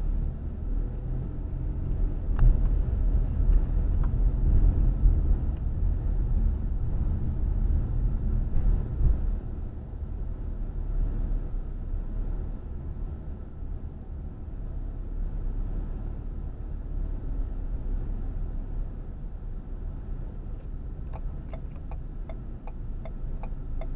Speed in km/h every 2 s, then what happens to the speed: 18, 21, 21, 21, 21, 19, 19, 19, 19, 19, 16, 13.
0-19 steady at about 19. 19-24 slows to 13.